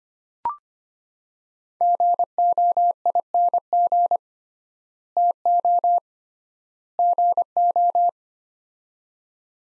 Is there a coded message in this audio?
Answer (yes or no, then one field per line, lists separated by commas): yes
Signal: Morse code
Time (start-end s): 1.8-8.1 s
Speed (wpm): 25 wpm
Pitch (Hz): 700 Hz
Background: none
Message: GOING TO GO